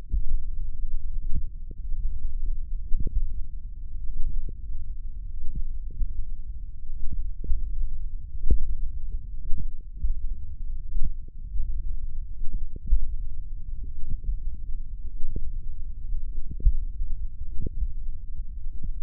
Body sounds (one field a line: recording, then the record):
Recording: forearm muscle sounds (acoustic myography)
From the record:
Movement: tripod grip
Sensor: system 1, eight BSWA MPA416 microphones around the upper forearm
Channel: 5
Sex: male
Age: 20 years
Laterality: left